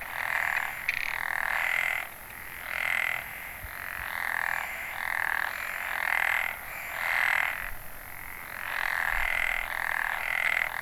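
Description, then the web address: Frogs calling in a continuous chorus, swelling and fading in waves, with a steady high hiss throughout. Ehime, Japan, 29 May 2014. "ehimekennanyohokubu. kaeru"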